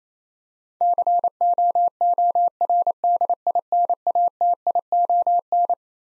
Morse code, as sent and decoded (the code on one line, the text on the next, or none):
-.-. --- --- .-. -.. .. -. .- - .. --- -.
COORDINATION